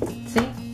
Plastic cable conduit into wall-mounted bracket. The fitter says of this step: slide it down to where it snaps right in place okay see